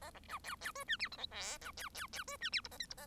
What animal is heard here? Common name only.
Bengalese Finch